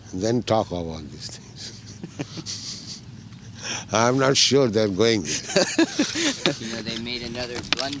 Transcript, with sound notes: and then talk of all these things. [laughing] I am not sure they are going there.
You know they made another blunder.